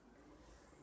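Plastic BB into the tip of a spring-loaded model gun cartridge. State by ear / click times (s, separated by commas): not seated / none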